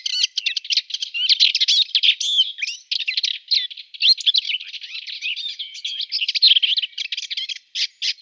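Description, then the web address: Subalpine warbler giving a busy, scratchy warbling song of jumbled chirps and thin whistles, sustained through the whole stretch. "Schulze Peter Subalpine Warbler song"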